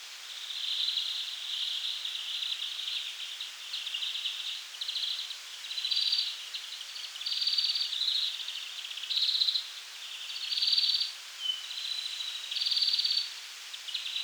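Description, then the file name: European greenfinch twittering: a near-continuous run of quick, high trills and pulsed phrases, rising and falling in loudness throughout. "Chloris chloris"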